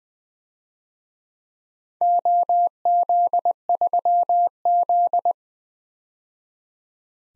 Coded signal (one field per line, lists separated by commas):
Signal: Morse code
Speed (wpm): 21 wpm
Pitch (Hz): 700 Hz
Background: none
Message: OZ3Z